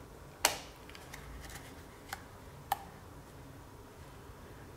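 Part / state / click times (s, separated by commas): snap ring on the fitting retainer of a plastic fuel pump / seated / 0.5 s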